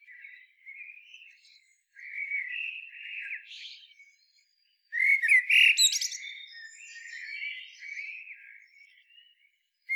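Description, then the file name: Common blackbird song: quiet, mellow fluting for several seconds, then a louder phrase with scratchy high twitters that fades back into soft warbling. "Turdus merula"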